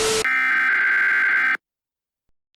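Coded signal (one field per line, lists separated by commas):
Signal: Emergency Alert System (SAME) tones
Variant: header bursts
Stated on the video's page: Fictional EAS scenario, analog horror.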